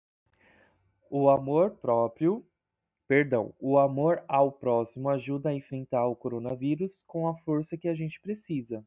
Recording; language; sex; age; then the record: spoken sentence; Brazilian Portuguese; male; 20 to 29 years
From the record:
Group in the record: control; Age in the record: 26 years